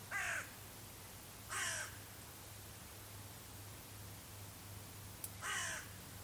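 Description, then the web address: Bird calling with three rasping, caw-like notes spread over several seconds and separated by quiet gaps, with a low steady hum and one brief click. "cianscape. Deverinetal 2025. Bird Only"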